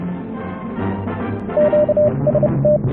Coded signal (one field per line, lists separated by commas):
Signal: Morse code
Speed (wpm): 30 wpm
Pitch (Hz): 600 Hz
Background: music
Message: QST